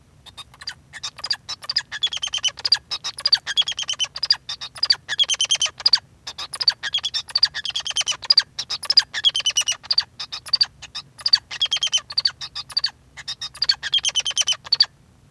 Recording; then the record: song of a male Bengalese finch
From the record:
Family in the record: son of father 2